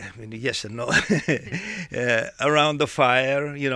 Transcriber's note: he laughs